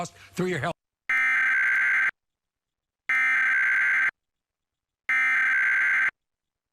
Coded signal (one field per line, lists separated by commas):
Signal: Emergency Alert System (SAME) tones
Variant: header bursts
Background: speech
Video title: [EAS #11] National Emergency Test on WGN-9 (August 11th, 2021)